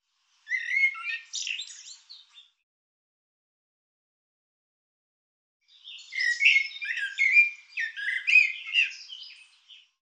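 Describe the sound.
Bird producing a short chirpy phrase, then after a gap a longer four-second stream of varied twittering and slurred notes; nothing else heard.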